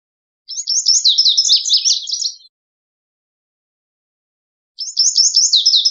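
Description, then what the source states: Lazuli bunting singing a fast, jumbled run of high, buzzy warbled notes for about two seconds, then a pause and a second phrase cut off at the end. Recorded 23 June 2001.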